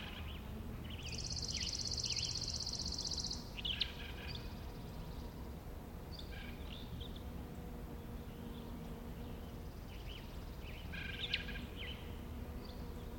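Colockum Wildlife Area in Washington: scattered bird chirps over a steady low rumble, with a bright buzzing insect-like trill from one to three seconds.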